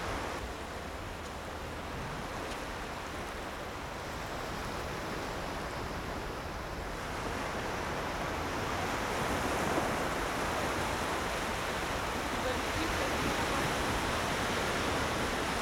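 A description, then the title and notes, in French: A beach with a dense, steady wash of surf, growing slightly fuller and louder after about seven seconds, with no distinct breaking waves. Plage.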